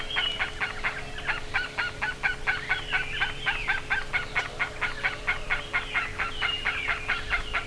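Bird gives a fast series of sharp repeated calls throughout, with intermittent higher whistled notes and a constant hum.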